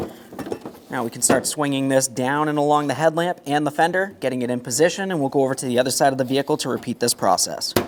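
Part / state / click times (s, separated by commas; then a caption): fog lamp wiring connector onto fog lamp bulb socket / seated / 0.4 s. On a 2007-2013 Acura MDX 3.7L V6 during a front bumper cover replacement, the plastic electrical connector for the outboard fog lamp bulb is pressed onto the bulb socket. A sharp click at 0.4 s, followed by two smaller taps, shows the connector is seated. Someone then talks for the rest of the clip.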